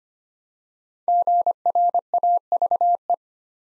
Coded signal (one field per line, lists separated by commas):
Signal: Morse code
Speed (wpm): 25 wpm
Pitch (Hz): 700 Hz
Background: none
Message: GRAVE